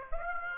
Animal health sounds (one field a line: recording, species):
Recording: mosquito wingbeat signal from an infrared sensor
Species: Aedes aegypti